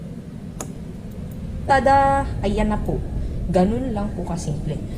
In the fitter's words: push it back see until you hear the click